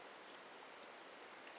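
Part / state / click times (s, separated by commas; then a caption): safety eye backing washer onto safety eye shank in knitted toy / not seated / none. A plastic safety eye backing washer is placed and lined up on the eye shank at the back of the knitted fabric of a knitted toy, before it is pushed home. Only a steady broadband hiss is heard, with no distinct sounds. Nothing has seated or clicked yet.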